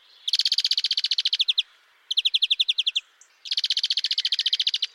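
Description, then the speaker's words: European Greenfinch song: three fast, mechanical-sounding trills of evenly repeated notes, each separated by a short pause. Song is a string of different musical trills, usually separated by a short pause, with a slow wheeze often inserted; the trill sounds mechanical; built from the ji-ji-ji or dibby-dib call. "This then forms the basis of the song, which is a string of different musical trills, usually separated from each other by a short pause."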